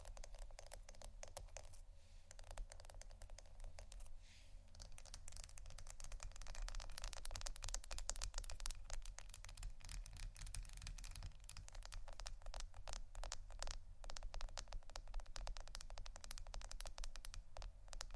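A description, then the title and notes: Ice being scratched and tapped, a dense run of sharp, crackly clicks and scraping strokes that fills all 18 seconds. The rasping is quieter for the first few seconds, then grows busier and louder from about five seconds on. A steady low hum sits underneath throughout. Ice Scratch & Tap. No Talking.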